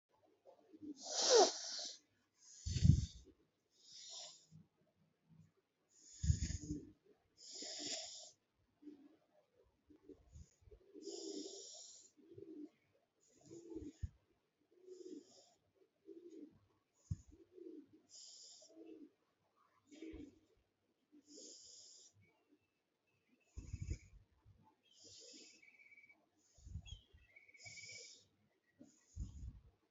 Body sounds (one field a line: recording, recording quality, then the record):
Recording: deep breathing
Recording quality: excellent, no background noise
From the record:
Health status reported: healthy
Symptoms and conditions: none ticked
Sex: female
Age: 36 years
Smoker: not ticked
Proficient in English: yes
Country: India